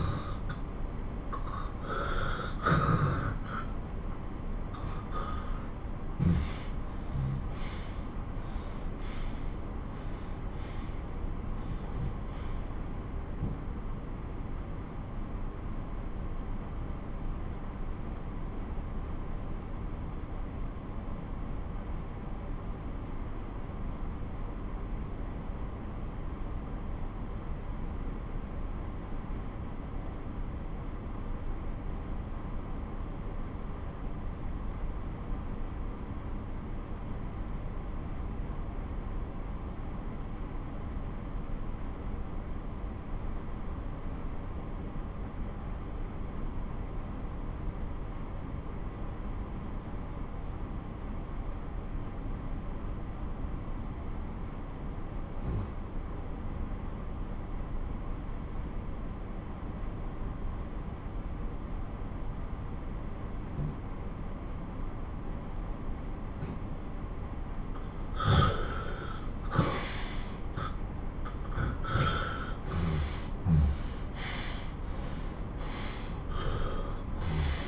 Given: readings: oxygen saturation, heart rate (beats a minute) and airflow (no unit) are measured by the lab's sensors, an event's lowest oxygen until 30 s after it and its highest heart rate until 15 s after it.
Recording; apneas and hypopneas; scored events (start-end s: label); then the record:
breathing in sleep by a smartphone at the bedside; 1
15.00-69.80 s: obstructive apnea (N1, oxygen 96% highest, then 85% lowest)
29.00-59.00 s: new sleep stage, N2 (light sleep)
59.00-77.68 s: new sleep stage, N1 (lightest sleep)
From the record:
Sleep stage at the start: N1 (lightest sleep); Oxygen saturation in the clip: 84 to 96%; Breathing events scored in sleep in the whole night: 217 in 6.3 hours asleep